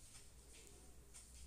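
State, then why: Not seated. A plastic housing panel is pressed into the frame of a Samsung A23 phone during reassembly after a display replacement. Faint scraping and pressing sounds are heard, with a small sudden tick around 0.7 s, over a low background hum. Nothing has seated or clicked yet: the housing fails to lock near the panel because the network (antenna) cables have come up.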